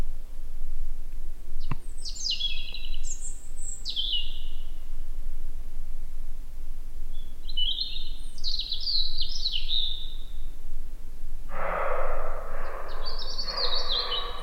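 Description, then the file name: European robin song of three high, sparkling phrases spaced a few seconds apart, a sharp click near the start and a rough noise burst late on, over low rumble. "Erithacus rubecula"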